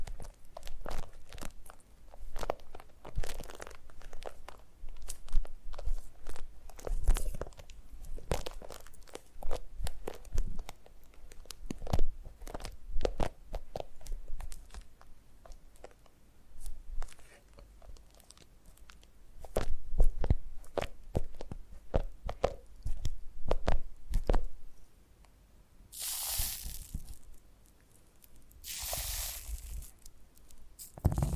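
Foam massage with dense, irregular crunchy squeaks and rubbing scrapes throughout, plus two brief bright hissing bursts near 26 and 29 seconds.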